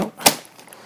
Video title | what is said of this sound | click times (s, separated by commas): What We Love about the Shark Apex | it mounts it kind of locks in too so that gets | 0.3 s